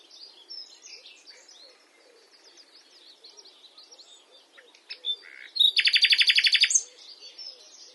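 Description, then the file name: Common nightingale delivers a loud, rapid, buzzy rattle lasting about a second after a stretch of soft, scattered chirping. "Luscinia megarhynchos"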